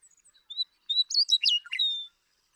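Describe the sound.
Western meadowlark song: a clear whistled opening note followed by a rapid, flute-like jumble of gurgling phrases ending in a long slurred whistle.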